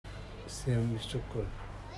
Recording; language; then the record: elicited speech; Bengali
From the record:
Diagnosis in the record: Broca's or global aphasia after a stroke